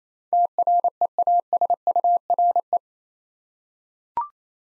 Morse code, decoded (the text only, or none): TREASURE